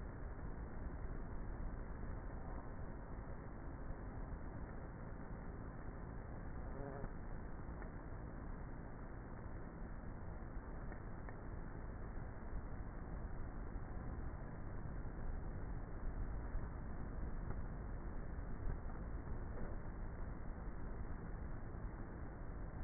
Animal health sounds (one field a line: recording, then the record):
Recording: honeybee colony, microphone inside the hive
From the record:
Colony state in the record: queenless with a low population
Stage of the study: before two queens were removed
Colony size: about 30,000 bees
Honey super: no